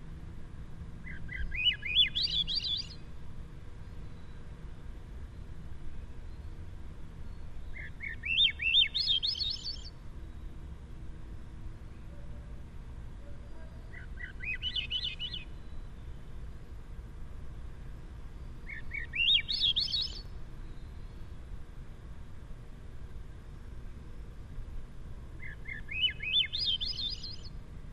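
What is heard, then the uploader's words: A Swainson's thrush repeats its upward-spiraling, fluty song about every six seconds, bright, over a low steady outdoor rumble. Swainson’s Thrush Singing.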